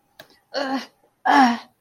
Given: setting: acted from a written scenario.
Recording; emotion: vocal sound without words; pain